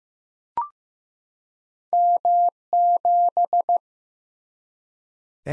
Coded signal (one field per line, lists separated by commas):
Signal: Morse code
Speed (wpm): 15 wpm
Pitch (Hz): 700 Hz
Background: none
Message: M7